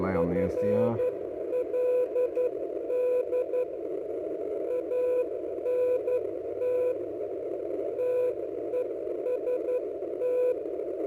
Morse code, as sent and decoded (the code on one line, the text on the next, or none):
..-. .-.. -.. / .- -. - / - . ... -
FLD ANT TEST